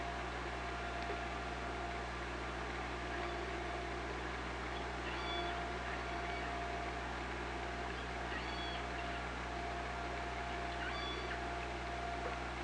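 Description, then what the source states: Killer whale: a few faint, short tonal calls, partly buried in constant underwater hiss and low electrical hum. Recorded on an OrcaLab hydrophone, 24 August 2017, at 18:42.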